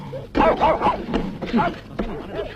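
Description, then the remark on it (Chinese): A human voice imitates a growling wild bear, letting out a string of rough, throaty grunts and snarls in quick bursts, fairly loud and mid-pitched, with brief pauses between them. “不能是，这狗熊野着呢，会打架吧？”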